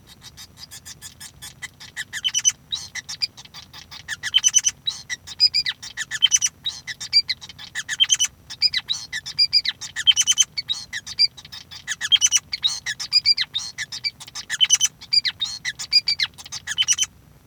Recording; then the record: song of a male Bengalese finch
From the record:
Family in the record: son of father 5